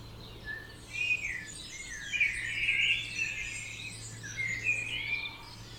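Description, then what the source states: Birds in full dawn chorus, many high sweeping whistles and trills overlapping, over a faint steady low hum. Dawn chorus at 4 am in Oberhofen, Inntal, Austria; binaural recording made for headphones.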